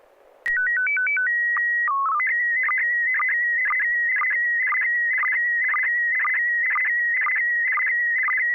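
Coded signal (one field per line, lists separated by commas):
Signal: SSTV (slow-scan television)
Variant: PD 120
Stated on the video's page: SSTV weekly net on a 441.300 MHz FM repeater, sent with MMSSTV software.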